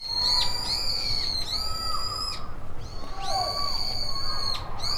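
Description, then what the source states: Bird calls: sustained high whistled notes with rich overtones, each held about a second and ending with a sharp downward slur, repeated over a constant low hum. Recorded with a Portacapture X6.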